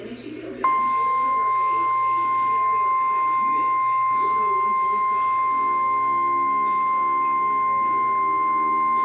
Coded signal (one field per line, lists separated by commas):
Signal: Emergency Alert System (SAME) tones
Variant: 1050 Hz attention tone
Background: speech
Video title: EAS #78 Tornado Warning